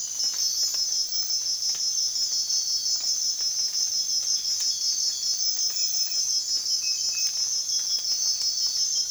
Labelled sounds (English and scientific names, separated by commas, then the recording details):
none
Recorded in secondary vegetation near Puerto Asís, Putumayo, Colombia, on 19 June 2025 at 05:00
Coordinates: 0.485, -76.322
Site GP06